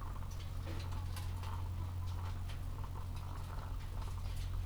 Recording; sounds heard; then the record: poultry house recording; sick chickens (respiratory disease)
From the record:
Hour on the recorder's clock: 14